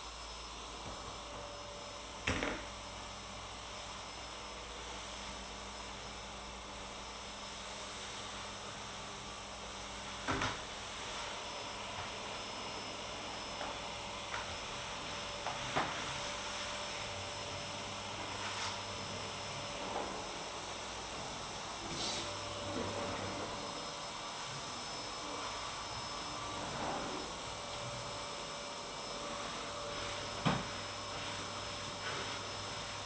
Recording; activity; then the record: daily activity, microphone in the room; vacuum cleaning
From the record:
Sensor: 3